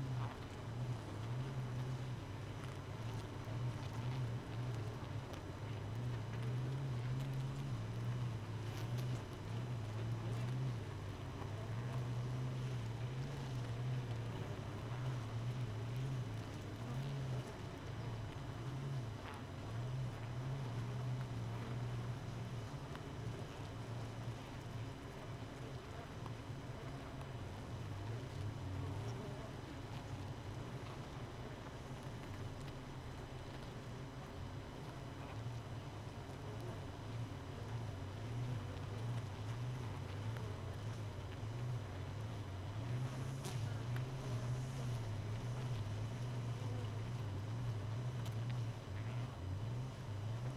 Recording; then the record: honeybee colony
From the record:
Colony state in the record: missing queen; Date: 31 May 2018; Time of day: 5:15